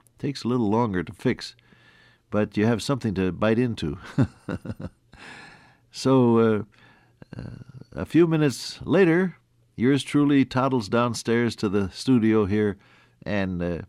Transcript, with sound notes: Takes a little longer to fix, but you have something to bite into. (Laughs) So, a few minutes later, yours truly toddles downstairs to the studio here, and